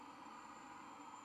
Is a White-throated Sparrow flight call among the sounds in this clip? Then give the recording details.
no. No flight call is heard. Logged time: 22:05 on 11 November 2014